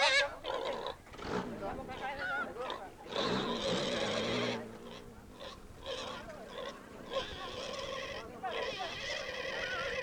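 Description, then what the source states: Pig giving quiet squeals and short cries in irregular bursts, with one longer wavering squeal. Barnyard scene.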